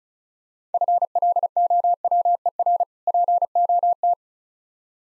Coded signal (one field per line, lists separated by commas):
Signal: Morse code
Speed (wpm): 35 wpm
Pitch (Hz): 700 Hz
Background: none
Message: FLOWER POT